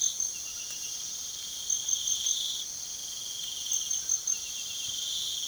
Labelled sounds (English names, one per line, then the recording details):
none
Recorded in pastures near Puerto Asís, Putumayo, Colombia, on 12 March 2025 at 02:30
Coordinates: 0.497, -76.327
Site G072